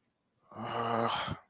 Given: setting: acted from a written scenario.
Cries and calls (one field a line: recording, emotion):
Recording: vocal sound without words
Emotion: distress